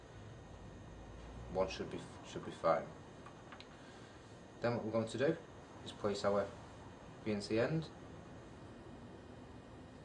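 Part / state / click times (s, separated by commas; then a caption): BNC connector end onto coaxial cable center pin / not seated / none. A BNC connector end is placed and lined up over a coaxial cable's center pin, ready to be pushed home, while someone talks. A few faint handling ticks come around 3.3 to 3.6 seconds, but the connector has not clicked into place yet.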